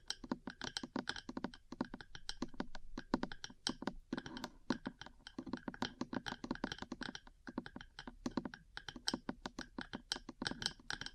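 Metal parts tap and scratch in a fast, irregular run of sharp clicks and clatters, many per second, with brief pauses around three, seven and eight seconds. Each hit is bright and crisp over a faint low hum, like rapid keyboard typing.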